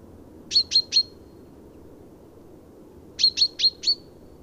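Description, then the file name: Common chaffinch giving sharp metallic call notes, three quick ones then a pause and a run of four, over a low steady background hum. "Fringilla coelebs"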